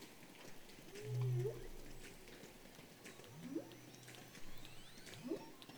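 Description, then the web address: Whale calls: low, steady moan followed by short upswept whoops, rising sharply in pitch, over dense underwater crackling and hiss. "baleines"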